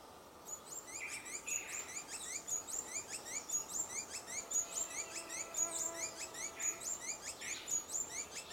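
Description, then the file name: Dusky-throated hermit song: a steady run of thin, squeaky high notes with lower hooked chirps beneath, over a constant background hiss. "Rabo branco pequeno"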